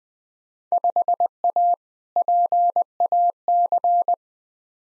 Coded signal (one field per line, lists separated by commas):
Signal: Morse code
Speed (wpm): 20 wpm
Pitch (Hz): 700 Hz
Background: none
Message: 5A PAC